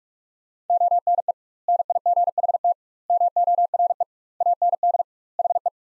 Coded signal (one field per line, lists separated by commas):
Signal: Morse code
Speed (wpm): 48 wpm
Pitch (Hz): 700 Hz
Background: none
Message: ONE NIGHT MORE AND HE